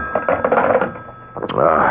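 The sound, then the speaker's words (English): An old-style telephone bell rings with a rapid, metallic rattle, shrill and steady, pausing briefly before starting again for a second burst. “Oh, it's the phone.”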